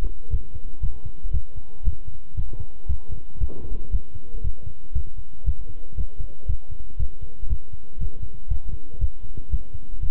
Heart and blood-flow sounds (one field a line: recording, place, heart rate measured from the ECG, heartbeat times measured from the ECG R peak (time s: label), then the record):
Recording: heart sounds by stethoscope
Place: between the tricuspid and mitral areas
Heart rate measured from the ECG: 118 bpm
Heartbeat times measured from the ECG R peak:
0.32 s: heartbeat
0.82 s: heartbeat
1.33 s: heartbeat
1.85 s: heartbeat
2.37 s: heartbeat
2.88 s: heartbeat
3.40 s: heartbeat
3.92 s: heartbeat
4.43 s: heartbeat
4.94 s: heartbeat
5.46 s: heartbeat
5.97 s: heartbeat
6.48 s: heartbeat
6.99 s: heartbeat
7.50 s: heartbeat
8.00 s: heartbeat
8.50 s: heartbeat
9.01 s: heartbeat
9.51 s: heartbeat
10.02 s: heartbeat
From the record:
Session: walking at 3.7 km/h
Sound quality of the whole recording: good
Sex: male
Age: 25 years